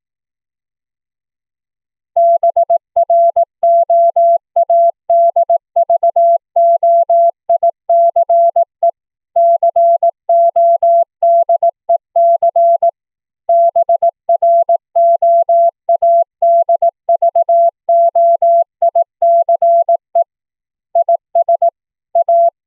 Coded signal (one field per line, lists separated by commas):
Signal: Morse code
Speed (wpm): 18 wpm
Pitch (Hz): 680 Hz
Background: none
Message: BROADVOICE CODEC BROADVOICE IS A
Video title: Morse Code audio QSO over the internet - using the BroadVoice Audio Codec "BV16" on Linphone